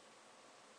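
A push-to-fit hose adapter is handled at the end of the copper coil tubing, ready to be pushed on. Only a steady, even broadband hiss is heard throughout, with no distinct click or knock. Nothing has seated or clicked yet.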